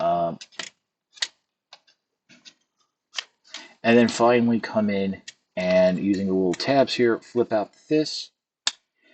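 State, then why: Seated. Someone talks while flipping out a plastic transforming panel on the body of a Transformers Legacy Evolution Metalhawk action figure using small tabs, the final step of its robot-mode transformation, with a few faint plastic ticks along the way. At 8.7 s the panel snaps into place with one sharp, loud click, completing the robot mode.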